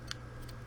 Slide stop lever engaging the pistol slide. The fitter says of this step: Kind of didn't catch the first time, but I think that's due to the initial packing oil that's kind of on the